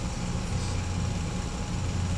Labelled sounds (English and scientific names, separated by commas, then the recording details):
none
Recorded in pastures near Puerto Asís, Putumayo, Colombia, on 16 December 2024 at 10:30
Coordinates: 0.505, -76.324
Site G063